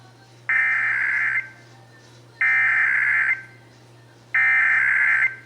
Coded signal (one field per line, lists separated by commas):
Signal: Emergency Alert System (SAME) tones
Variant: header bursts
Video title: (EAS #321-328) January 2023 Texas Required Monthly Test